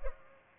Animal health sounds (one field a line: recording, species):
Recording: mosquito wingbeat signal from an infrared sensor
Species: Culex pipiens